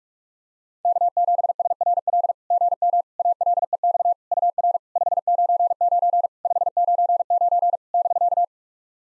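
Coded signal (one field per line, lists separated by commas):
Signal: Morse code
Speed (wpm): 46 wpm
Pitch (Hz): 700 Hz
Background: none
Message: K7SRL GM ALEX UR 599 599 <BK>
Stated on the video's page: SOTA exchange practice at 45 wpm, each exchange sent in Morse, then spoken, then sent again.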